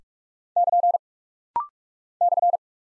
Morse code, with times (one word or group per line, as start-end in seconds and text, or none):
0.6-1.0 <KN>
2.2-2.6 /